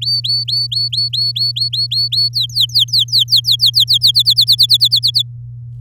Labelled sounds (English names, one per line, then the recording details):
Domestic Canary song
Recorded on 10 May 2018 at 06:20
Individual llb16